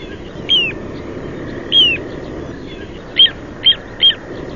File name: corriere piccolo